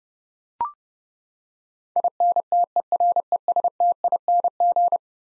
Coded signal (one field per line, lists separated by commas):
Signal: Morse code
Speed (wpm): 30 wpm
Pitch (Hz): 700 Hz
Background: none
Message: INTERESTING